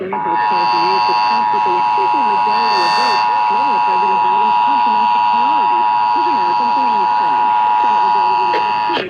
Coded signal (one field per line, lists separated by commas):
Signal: Emergency Alert System (SAME) tones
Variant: 853 and 960 Hz attention tone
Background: speech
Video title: EAS/NWR Alert or message #689-695: Ohio Required Monthly Test #2